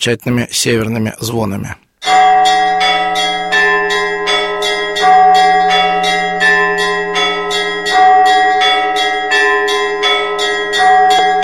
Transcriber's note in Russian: Звучат северные колокольные звоны